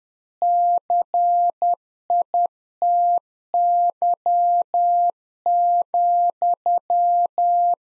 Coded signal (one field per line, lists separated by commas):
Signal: Morse code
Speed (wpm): 10 wpm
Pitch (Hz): 700 Hz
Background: none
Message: CITY,